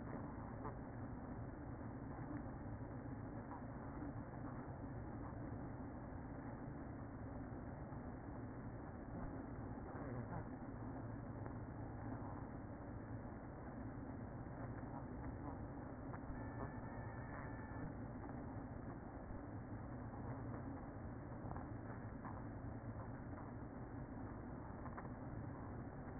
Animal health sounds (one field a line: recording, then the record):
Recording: honeybee colony, microphone inside the hive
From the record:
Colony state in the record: queen present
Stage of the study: after two queens were removed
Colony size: about 60,000 bees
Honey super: yes